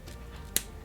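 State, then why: Seated. A plastic part of a Brady Hound model kit is pressed into its mating part or joint. It gives one sharp, loud click at 0.6 s over a low, steady background hum, and the part is seated.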